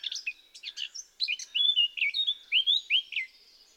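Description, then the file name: Eurasian blackcap song, a hurried twittering warble that breaks into a string of loud, clear, slurred fluted whistles. "Sylvia atricapilla"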